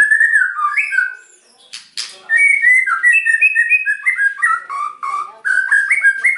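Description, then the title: White-rumped shama song, a loud series of mellow whistles stepping up and down, with a couple of sharp clicks after a short pause. Lure song (pancingan) of a very vocal white-rumped shama, meant to provoke an immediate response. "PANCINGAN MEWAH MURAI BATU GACORSEKALI DENGAR AMPUH LANGSUNG RESPON"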